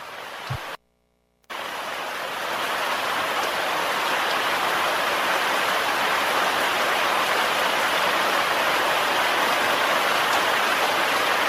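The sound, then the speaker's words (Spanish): Steady, dense rain hisses across a broad band of noise, briefly cut to silence near the start before resuming and holding a constant, fairly loud wash with no voices. “Escuchemos esa guaita de lluvia.”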